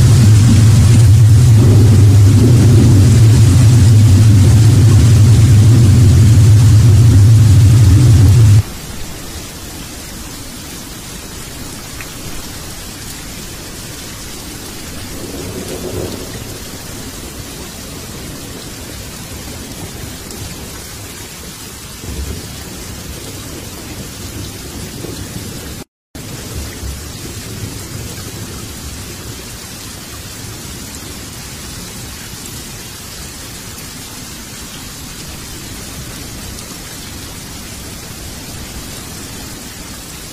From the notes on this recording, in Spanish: Fuerte Lluvia